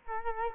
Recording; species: mosquito wingbeat signal from an infrared sensor; Culex quinquefasciatus